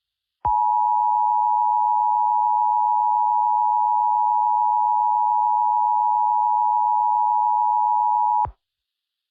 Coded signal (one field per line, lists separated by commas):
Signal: Emergency Alert System (SAME) tones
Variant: 853 and 960 Hz attention tone